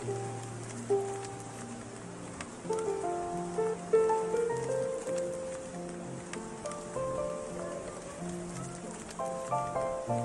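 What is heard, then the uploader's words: Gentle music plays indoors, with sustained low bass notes and mellow mid-range chords shifting every second or two, plus brief bright accents near four seconds. Behind it a steady hiss of rain continues throughout, soft and even, with faint scattered drips. Rain Outside Restaurant w/ Relaxing Music Inside.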